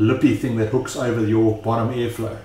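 Someone talks while handling the top cap of a vape RDTA atomizer tank, whose small loop hooks onto the bottom airflow ring so it can be turned or pushed until it locks. Only speech is heard, with no distinct mechanical sound. Nothing has seated or clicked yet; the cap is not locked by the end of the clip.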